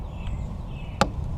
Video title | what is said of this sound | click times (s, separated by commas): Honda Pilot LED Upgrade! Brake Light + License Plate Lights DIY | Just like that, and then just snap it into place. | 1.0 s